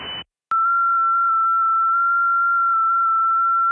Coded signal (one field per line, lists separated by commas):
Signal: FT8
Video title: Decent Conditions Across Both Ponds On 20m FT8...